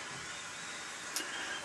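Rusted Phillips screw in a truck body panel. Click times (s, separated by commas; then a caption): 1.2 s. A rusted, seized Phillips screw in the body panel of an old VW Bus single cab truck is turned with a screwdriver against a steady background hiss. At 1.2 s the driver slips in the head with a short, sharp metallic sound, and the screw head is stripped out.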